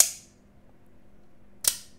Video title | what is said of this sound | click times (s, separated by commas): MICROTECH CYPHER MK7 GREY / ยืม เทาเรียบดุทะลุทะลวง | เข้านะครับเก็บเก็บกนี่แรงนะครับแรงออกก็แรงนะครับดังกิ๊งเลยนะครับแบบ | 0.0 s, 1.7 s